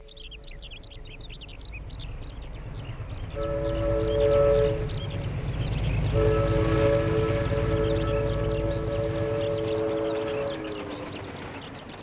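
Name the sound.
train passing by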